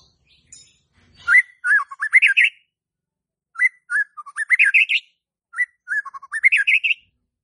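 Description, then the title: White-rumped shama song: loud bursts of rapid rising whistled and chattering notes, three phrases separated by short pauses. Lure (pancingan) to stimulate stressed, stalled (macet) white-rumped shamas. "PANCINGAN Murai Batu STRES & MACET"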